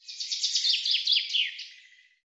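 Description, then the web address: Common chaffinch singing one phrase of repeated notes, about two seconds long, falling slightly in pitch, over a quiet background. "Deverinetal 2025 File cleaned normalized Bird Fr Co"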